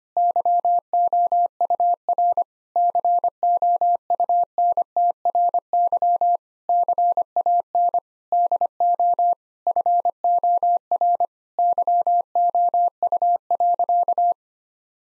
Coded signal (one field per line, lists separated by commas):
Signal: Morse code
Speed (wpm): 25 wpm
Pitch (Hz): 700 Hz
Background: none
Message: YOUR COUNTRY CAN DO FOR YOU.